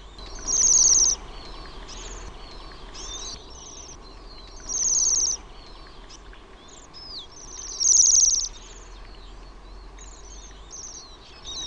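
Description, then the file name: Bohemian waxwing calls: three loud, high, buzzy ringing trills about every three to four seconds, with fainter trills and thin whistles from other birds of the flock between them. "TILHI"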